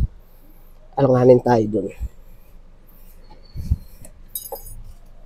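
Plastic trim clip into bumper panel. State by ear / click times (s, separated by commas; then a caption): seated / 4.4 s. A plastic clip on the foglight/bumper trim panel of a Hyundai Custin is pressed into place in the bumper during a foglight projector and daytime running light installation. Someone talks first, then after a faint tick a sharp, bright click comes at 4.4 s as the clip snaps home and locks.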